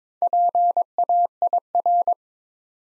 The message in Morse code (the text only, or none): PAIR